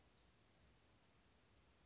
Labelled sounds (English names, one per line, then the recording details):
Western Flycatcher
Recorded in Sonoma County, California